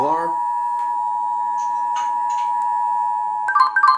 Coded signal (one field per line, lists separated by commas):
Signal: Emergency Alert System (SAME) tones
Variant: 853 and 960 Hz attention tone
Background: speech, music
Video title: THE EASYCAST WORKED... Monthly Tests from 2/17-18/21 (EAS 4505-4522)